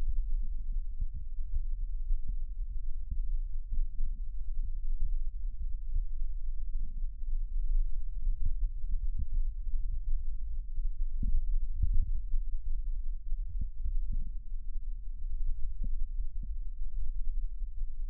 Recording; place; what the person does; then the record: lung sounds by stethoscope; right posterior basal chest; quiet breathing, then deep breathing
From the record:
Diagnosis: COPD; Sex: male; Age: 65 years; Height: 162 cm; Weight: 67.8 kg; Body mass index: 25.8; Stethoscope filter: bell mode